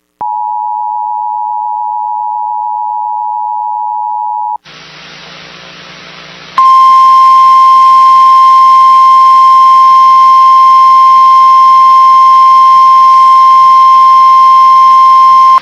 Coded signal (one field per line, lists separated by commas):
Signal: Emergency Alert System (SAME) tones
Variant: 853 and 960 Hz attention tone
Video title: WHEN WBAP SCREWS UP... | EAS Alerts from 6/11/2023 (EAS #1911-1925)